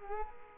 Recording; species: mosquito wingbeat signal from an infrared sensor; Culex quinquefasciatus